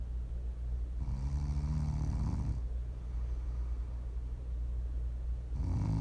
Prime ASMR snoring.